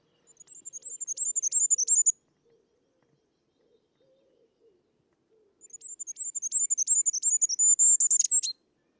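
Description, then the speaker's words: Goldcrest song, two very high, thin runs of quick repeated notes, each growing louder, separated by a few seconds of near silence. Very high-pitched song likened to 'Figaro, Figaro, Figaro' repeated, increasing in volume throughout; older people lose the ability to hear it. "goldcrest call is a gentle trail of notes that sounds like it sings Figaro, Figaro, Figaro over and over, increasing in volume throughout."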